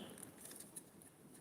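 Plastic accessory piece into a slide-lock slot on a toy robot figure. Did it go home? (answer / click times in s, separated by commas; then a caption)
yes / 0.2 s. A small plastic accessory that holds the drum on a transforming robot figure is slid back into its slide-lock slot and locked in. A faint plastic tick at 0.2 s marks it locking into place, followed by a few quieter light ticks over low background noise. The accessory is seated.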